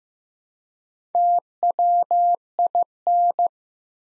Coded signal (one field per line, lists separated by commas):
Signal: Morse code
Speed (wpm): 15 wpm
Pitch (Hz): 700 Hz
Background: none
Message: TWIN